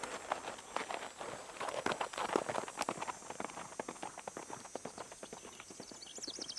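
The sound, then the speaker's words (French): Several horses carrying riders walk along a hard road, their hooves making a steady, overlapping clip-clop that stays fairly loud throughout, with a faint high chirp near the end. “Au moment où les cavaliers reprennent la route,”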